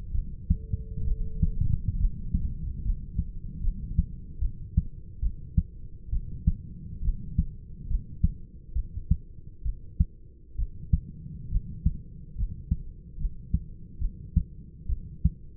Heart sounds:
heart sounds by stethoscope; 69 bpm
0.12 s: heartbeat
1.05 s: heartbeat
1.98 s: heartbeat
2.83 s: heartbeat
3.61 s: heartbeat
4.40 s: heartbeat
5.21 s: heartbeat
6.11 s: heartbeat
7.03 s: heartbeat
7.88 s: heartbeat
8.74 s: heartbeat
9.63 s: heartbeat
10.57 s: heartbeat
11.50 s: heartbeat
12.36 s: heartbeat
13.18 s: heartbeat
13.99 s: heartbeat
14.87 s: heartbeat
From the record:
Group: healthy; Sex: male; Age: 25 years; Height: 170 cm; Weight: 70.4 kg

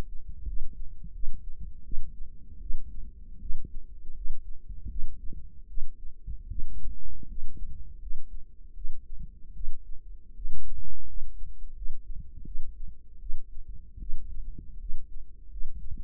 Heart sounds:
heart sounds by microphone in the right ear; 80 bpm
0.45 s: heartbeat
1.12 s: heartbeat
1.82 s: heartbeat
2.59 s: heartbeat
3.39 s: heartbeat
4.14 s: heartbeat
4.88 s: heartbeat
5.66 s: heartbeat
6.48 s: heartbeat
7.27 s: heartbeat
7.99 s: heartbeat
8.73 s: heartbeat
9.53 s: heartbeat
10.34 s: heartbeat
11.05 s: heartbeat
11.74 s: heartbeat
12.44 s: heartbeat
13.18 s: heartbeat
13.98 s: heartbeat
14.78 s: heartbeat
15.49 s: heartbeat
From the record:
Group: healthy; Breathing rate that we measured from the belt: 17 breaths a minute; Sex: female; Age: 19 years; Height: 163 cm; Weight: 51 kg

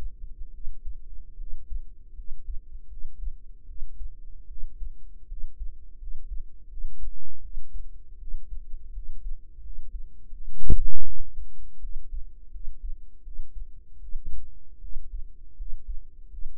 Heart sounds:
heart sounds by microphone in the right ear; 80 bpm
0.49 s: heartbeat
1.35 s: heartbeat
2.13 s: heartbeat
2.87 s: heartbeat
3.65 s: heartbeat
4.46 s: heartbeat
5.26 s: heartbeat
5.97 s: heartbeat
6.67 s: heartbeat
7.40 s: heartbeat
8.17 s: heartbeat
8.91 s: heartbeat
9.61 s: heartbeat
10.30 s: heartbeat
11.03 s: heartbeat
11.79 s: heartbeat
12.50 s: heartbeat
13.22 s: heartbeat
13.98 s: heartbeat
14.79 s: heartbeat
15.55 s: heartbeat
16.28 s: heartbeat
From the record:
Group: healthy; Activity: breath hold 0-1 s, rest 1-17 s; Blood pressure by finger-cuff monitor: 104/64 mmHg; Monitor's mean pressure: 77 mmHg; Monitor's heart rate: 78 bpm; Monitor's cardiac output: 6.7 L/min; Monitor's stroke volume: 84 mL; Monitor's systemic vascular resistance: 810 dyn s/cm5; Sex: female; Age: 19 years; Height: 163 cm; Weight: 48.9 kg

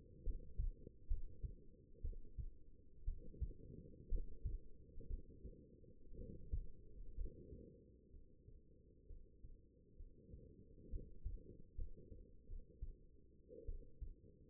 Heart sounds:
heart sounds by stethoscope; 63 bpm
0.23 s: heartbeat
1.07 s: heartbeat
2.01 s: heartbeat
3.04 s: heartbeat
4.08 s: heartbeat
5.07 s: heartbeat
6.15 s: heartbeat
7.14 s: heartbeat
8.10 s: heartbeat
9.06 s: heartbeat
9.96 s: heartbeat
10.89 s: heartbeat
11.75 s: heartbeat
12.46 s: heartbeat
13.65 s: heartbeat
From the record:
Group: healthy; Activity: rest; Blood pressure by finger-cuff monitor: 103/67 mmHg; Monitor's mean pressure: 78 mmHg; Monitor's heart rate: 63 bpm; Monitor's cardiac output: 4.9 L/min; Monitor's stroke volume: 80 mL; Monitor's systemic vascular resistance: 1130 dyn s/cm5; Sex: female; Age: 22 years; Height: 171 cm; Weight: 65.6 kg

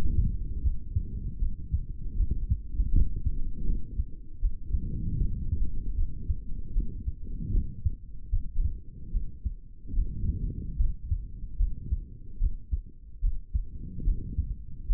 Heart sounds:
heart sounds by stethoscope; 76 bpm
0.61 s: heartbeat
1.38 s: heartbeat
2.15 s: heartbeat
2.91 s: heartbeat
3.65 s: heartbeat
4.40 s: heartbeat
5.18 s: heartbeat
5.95 s: heartbeat
6.73 s: heartbeat
7.51 s: heartbeat
8.30 s: heartbeat
9.11 s: heartbeat
9.94 s: heartbeat
10.77 s: heartbeat
11.57 s: heartbeat
12.38 s: heartbeat
13.21 s: heartbeat
14.04 s: heartbeat
14.87 s: heartbeat
From the record:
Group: healthy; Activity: rest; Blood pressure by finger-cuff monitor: 109/88 mmHg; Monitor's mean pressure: 95 mmHg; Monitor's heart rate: 76 bpm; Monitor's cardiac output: 3.3 L/min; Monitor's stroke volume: 45 mL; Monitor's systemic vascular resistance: 2000 dyn s/cm5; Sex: male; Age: 55 years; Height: 167 cm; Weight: 57.2 kg

